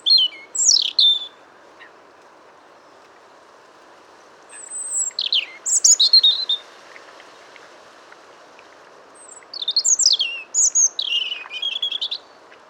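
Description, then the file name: European robin song, quick cascades of high twittering and sliding notes in separate phrases, a steady soft rush underneath. "Erithacus rubecula"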